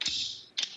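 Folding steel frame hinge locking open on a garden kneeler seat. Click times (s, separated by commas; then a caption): 0.0 s, 0.6 s. The powder-coated steel frame of an IdeaWorks 2-in-1 garden folding seat and kneeler is unfolded, and its hinges snap into the open, locked position. Two sharp metallic clicks land at 0.0 s and 0.6 s, each followed by a bright, ringing high-frequency tail. The seat frame is locked open and set to sit on.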